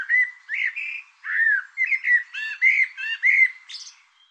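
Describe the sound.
Bird song: a continuous string of whistled and warbled notes, looping and slurred, repeated quickly with a few higher buzzy accents near the end.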